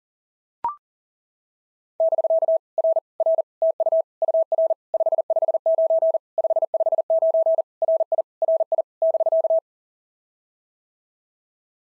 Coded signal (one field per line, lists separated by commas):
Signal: Morse code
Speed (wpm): 40 wpm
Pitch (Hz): 660 Hz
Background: none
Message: <BK> R R TU UR 559 559 RI RI <BK>